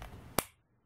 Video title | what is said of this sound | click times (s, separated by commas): WOLF DESIGNS - CUB SINGLE WINDER MODULE 1.8 | okay and it snaps into place again push down here and you just slide it off | 0.4 s